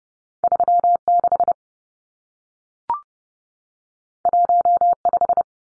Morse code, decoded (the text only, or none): 36 15